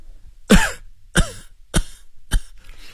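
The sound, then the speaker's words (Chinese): A sick patient, after speaking too forcefully, coughs four times in a row, each a sharp, loud burst spaced about half a second apart, the later ones slightly weaker, with a raspy, breathy texture and no talking. “病人因为说得太猛，止不住连续咳嗽一阵。”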